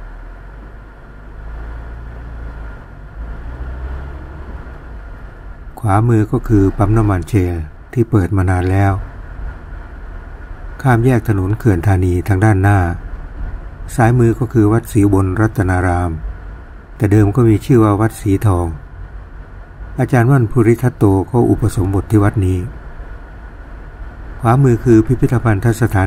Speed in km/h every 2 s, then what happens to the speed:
3, 8, 12, 17, 22, 23, 23, 25, 27, 27, 24, 18, 17.
0-16 speeds up to 27. 19-26 slows to 17.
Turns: none.